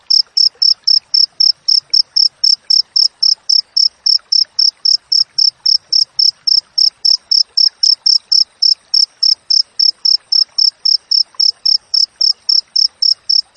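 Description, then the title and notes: Cricket chirping in sharp, high, evenly spaced pulses, several each second, keeping a steady rhythm throughout. Clear wild cricket sound with closely spaced chirps, used as training audio for songbirds and to drive away rats. "Masteran Jangkrik Alam Jernih, Jeda Rapat Cocok Untuk Masteran Burung Dan Mengusir Tikus. suara jangkrik"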